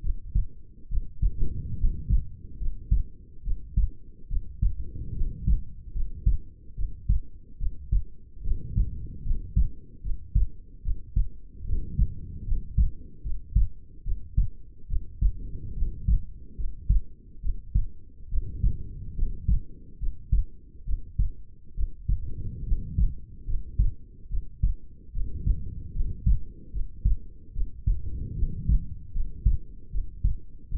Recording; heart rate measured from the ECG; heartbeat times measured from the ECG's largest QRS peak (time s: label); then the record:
heart sounds by stethoscope; 72 bpm
0.01 s: heartbeat
0.88 s: heartbeat
1.76 s: heartbeat
2.58 s: heartbeat
3.42 s: heartbeat
4.27 s: heartbeat
5.13 s: heartbeat
5.92 s: heartbeat
6.74 s: heartbeat
7.57 s: heartbeat
8.42 s: heartbeat
9.23 s: heartbeat
10.01 s: heartbeat
10.82 s: heartbeat
11.64 s: heartbeat
12.44 s: heartbeat
13.22 s: heartbeat
14.03 s: heartbeat
14.87 s: heartbeat
15.74 s: heartbeat
16.55 s: heartbeat
17.40 s: heartbeat
18.29 s: heartbeat
19.15 s: heartbeat
19.98 s: heartbeat
20.84 s: heartbeat
21.74 s: heartbeat
22.64 s: heartbeat
23.45 s: heartbeat
24.28 s: heartbeat
25.12 s: heartbeat
25.92 s: heartbeat
26.71 s: heartbeat
27.52 s: heartbeat
28.34 s: heartbeat
29.12 s: heartbeat
29.90 s: heartbeat
30.68 s: heartbeat
From the record:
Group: healthy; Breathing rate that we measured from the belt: 18 breaths a minute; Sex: female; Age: 22 years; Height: 160 cm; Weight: 45 kg